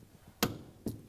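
A torque wrench fitted with an 18mm crowfoot, used because little else fits without removing the cowl area, is set to 30 ft-lb and tightens the bolt on the engine torque strut mount of a 2007-2012 Nissan Altima 2.5L I4. The wrench gives a sharp click at 0.4 s, followed by a softer tap at 0.9 s. The bolt reaches its 30 ft-lb setting.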